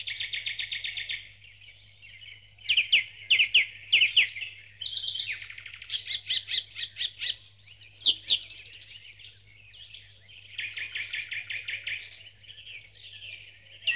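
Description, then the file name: Birds (dawn chorus): mixed birds singing together at dawn, with rapid rattling trills, clusters of sharp chirps and whistled notes overlapping throughout. Dawn chorus, from a sound-effects collection. "Spectacular Sound Effects - Birds Dawn Chorus"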